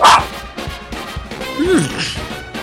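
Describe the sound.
A dog lets out a few short barks and a rising-then-falling yip while people keep talking underneath; the barks are moderately loud and irregular.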